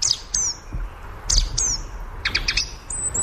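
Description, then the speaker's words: Song Thrush song: short, high, clear whistled notes given in quick repeated pairs and brief phrases, with a faint low rumble underneath and otherwise quiet surroundings. Singing alone against the silence of the forest during a warm spell in mid-winter; the song is the first strong sign that the breeding season is near; very few thrushes this year. "El primer indicio potente es el canto del zorzal común contra el silencio del bosque."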